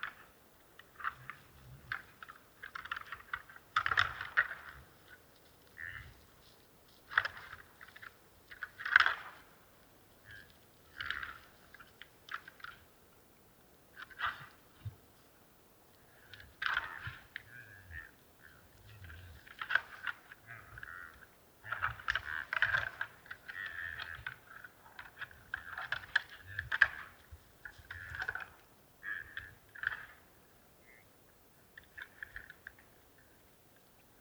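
Two red deer stags fight in the distance, their antlers clacking and knocking in irregular bursts of dry, rattling clicks. The clashes come in clusters throughout, growing busier in the middle and latter part, over a quiet, faintly rumbling outdoor background.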